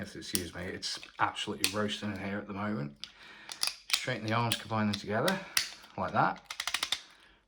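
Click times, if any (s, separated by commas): 6.9 s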